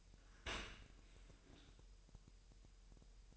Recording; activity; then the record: daily activity, microphone in the room; open dishwasher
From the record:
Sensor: 2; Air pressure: 1000.5 hPa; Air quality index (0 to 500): 246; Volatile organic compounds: 92 ppm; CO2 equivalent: 3697 ppm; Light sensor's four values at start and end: 9/22/9/9 and 9/22/9/9